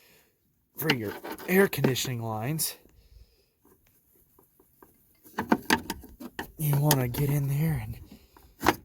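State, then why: Released. On a 2009 Ford F250 with the 6.4 Powerstroke, during a #7 injector replacement, the air conditioning line retaining clip is pried out of its snap-in mounting bracket in the engine bay so the A/C lines can be moved aside. Someone talks, several short clicks and knocks come between 5.4 and 6.4 s, and a sharp pop at 8.7 s marks the clip releasing from the bracket.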